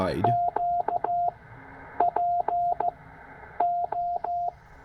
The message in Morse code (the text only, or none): Q PO